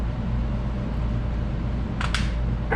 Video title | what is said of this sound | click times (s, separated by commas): Shock Therapy TLS Kit | snaps right in | 2.1 s